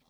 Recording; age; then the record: pig call; piglet (1 to 25 days)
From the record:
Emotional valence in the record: positive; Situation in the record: short reunion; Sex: female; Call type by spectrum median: low-frequency call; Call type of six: low-frequency tonal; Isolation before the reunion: 3 minutes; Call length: 0.10 s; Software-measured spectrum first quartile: 431 Hz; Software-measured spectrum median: 1813 Hz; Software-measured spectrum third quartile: 5707 Hz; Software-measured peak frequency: 176 Hz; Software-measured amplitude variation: 91 dB a second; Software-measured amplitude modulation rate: 14.8 a second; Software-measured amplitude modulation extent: 6.2 dB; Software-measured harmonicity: 1.2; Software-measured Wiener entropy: -1.36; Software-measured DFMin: 1050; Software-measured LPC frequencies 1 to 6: 738, 2331, 3352, 4072, 5399, 6945 Hz